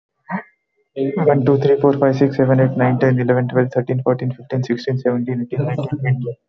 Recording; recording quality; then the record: counting at a fast pace; excellent, no background noise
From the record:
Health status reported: exposed to COVID-19, no respiratory illness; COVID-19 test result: not tested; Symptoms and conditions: none ticked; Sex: male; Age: 26 years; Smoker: not ticked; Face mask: not worn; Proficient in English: yes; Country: India